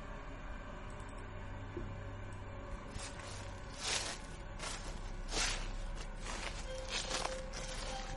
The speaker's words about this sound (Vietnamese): Từ đấy, vang lên những tiếng lá cây dẫm, loạt xòa loạt xoạt.